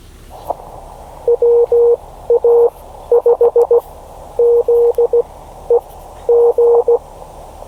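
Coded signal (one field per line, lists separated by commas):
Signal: Morse code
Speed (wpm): 16 wpm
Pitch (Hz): 470 Hz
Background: none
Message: WA5ZEG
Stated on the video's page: Morse copying practice from a POTA park activation at Biscayne National Park, reached by boat.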